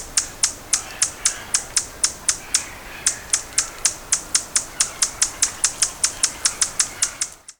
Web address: yucatan amazilia